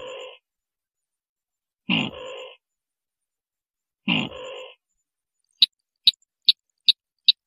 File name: Tieng quoc hoa chang nghich